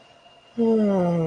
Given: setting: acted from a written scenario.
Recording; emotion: vocal sound without words; romantic love